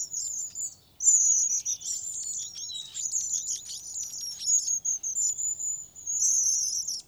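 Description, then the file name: Long-tailed tit giving thin, very high calls in quick bursts, with a brief pause just before the first second. "Staartmees"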